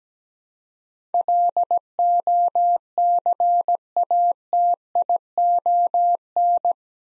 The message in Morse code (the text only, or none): LOCATION